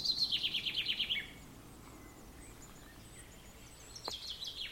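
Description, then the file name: Common chaffinch song: a quick descending trill closing with a lower flourish, then after a pause a few sharper, higher notes. "Fringilla coelebs"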